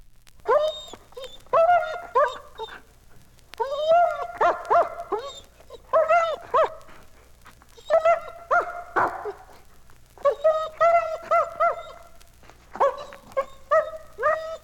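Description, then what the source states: Dog whining, a series of harmonic, wavering whimpers and yelps in bursts of one to two seconds, with brief pauses between. Big dog whining.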